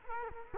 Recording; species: mosquito wingbeat signal from an infrared sensor; Culex quinquefasciatus